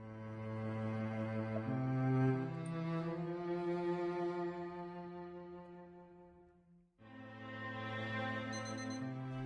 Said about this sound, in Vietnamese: Tiếng chuông báo thức từ chiếc đồng hồ nhỏ đặt trên bàn reo vang, báo hiệu một ngày mới đã tới.